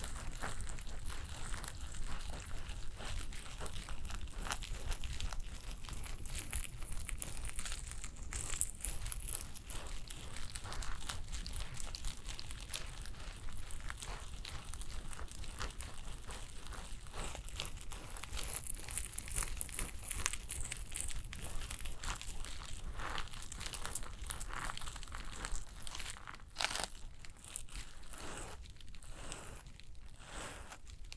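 A realistic first-person spa facial with layered sounds: dense, continuous crinkling and soft crackling textures running throughout at a fairly even level. Brighter rustling swells come and go, with sharper crinkly bursts clustering near the end around 26 to 30 seconds.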